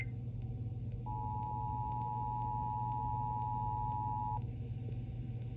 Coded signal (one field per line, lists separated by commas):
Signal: Emergency Alert System (SAME) tones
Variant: 853 and 960 Hz attention tone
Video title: Severe Thunderstorm Warning on WZSR-FM (EAS #1,341) 7/29/21